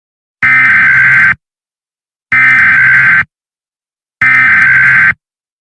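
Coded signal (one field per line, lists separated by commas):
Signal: Emergency Alert System (SAME) tones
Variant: header bursts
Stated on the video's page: Fictional EAS scenario, simulated.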